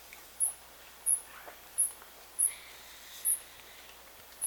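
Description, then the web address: Bird uttering single piercing high chirps at fairly regular intervals, six notes in all. "BIRD 2015 SABIOD"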